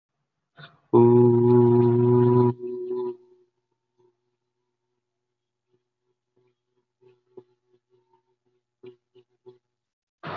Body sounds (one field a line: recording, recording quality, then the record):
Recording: sustained vowel as in boot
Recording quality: excellent, no background noise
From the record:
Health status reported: healthy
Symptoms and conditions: none ticked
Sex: male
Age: 20 years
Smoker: not ticked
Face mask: not worn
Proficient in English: yes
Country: India